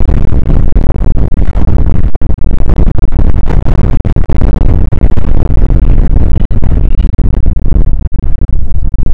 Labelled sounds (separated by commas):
wind